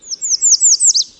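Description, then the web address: Swainson's Warbler singing a rapid run of high, downslurred whistles, each falling sharply, closing with a quick looping note. "Birdnote. Swainsons Warbler"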